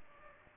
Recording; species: mosquito wingbeat signal from an infrared sensor; Aedes aegypti